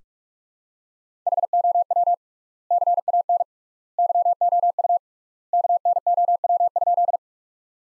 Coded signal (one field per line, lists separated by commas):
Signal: Morse code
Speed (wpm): 43 wpm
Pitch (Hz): 700 Hz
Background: none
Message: HOW CAN YOU KNOW?